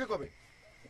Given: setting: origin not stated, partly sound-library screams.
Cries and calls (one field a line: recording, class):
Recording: one-second piece from a danger detection set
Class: normal situation